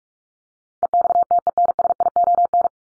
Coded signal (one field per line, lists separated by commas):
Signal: Morse code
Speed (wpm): 44 wpm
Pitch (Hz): 700 Hz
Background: none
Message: EXTENSION